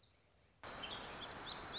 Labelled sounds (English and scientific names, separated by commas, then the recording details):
Black-throated Gray Warbler (Setophaga nigrescens)
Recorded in Sonoma County, California